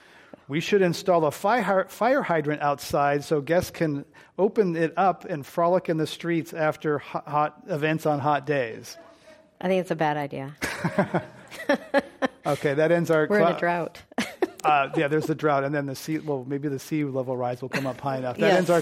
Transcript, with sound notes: We should install a fire hydrant outside so guests can open it up and frolic in the streets after hot events on hot days.
I think it’s a bad idea.
[Laughter]
Okay that ends our --
We’re in a drought.
Oh yeah, there’s the drought and then the sea, well, maybe the sea level rise will come up high enough.